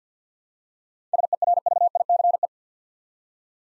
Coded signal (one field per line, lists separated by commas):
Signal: Morse code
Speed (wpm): 47 wpm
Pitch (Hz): 700 Hz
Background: none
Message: SERVICE